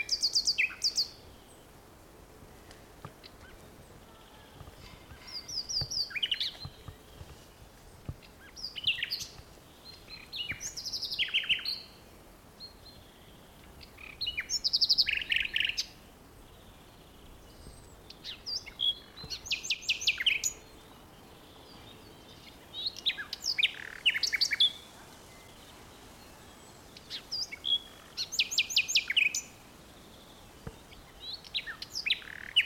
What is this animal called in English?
Common Nightingale